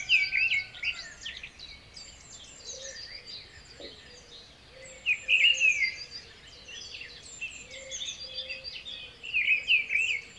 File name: birds singing in the morning nature sound